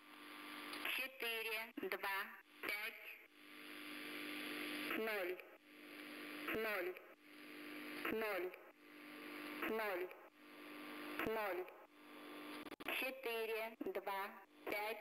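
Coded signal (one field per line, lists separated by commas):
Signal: numbers station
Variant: S06s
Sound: distorted female voice reading short evenly spaced numbers over a radio carrier hiss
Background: radio static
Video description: Ukrainian Number Station sends no message to spies. 425 00000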